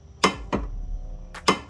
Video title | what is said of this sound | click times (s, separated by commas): Long Overdue Mower Overhaul | That click you hear from your torque wrench tells you that it is the right level. | 0.2 s, 1.5 s